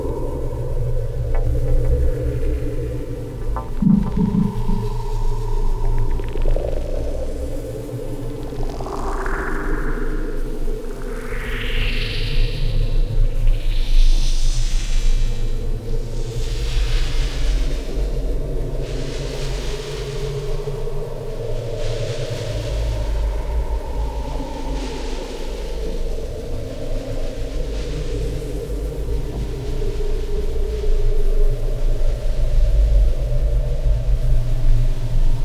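A radiophonic piece built from the sounds of melting snow, resting on a steady low rumble throughout. From about eight seconds, rising sweeps climb upward, then give way to bright, smeared bursts that recur every two seconds or so until near the end.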